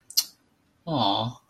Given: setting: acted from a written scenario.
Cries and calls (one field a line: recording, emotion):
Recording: vocal sound without words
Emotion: adoration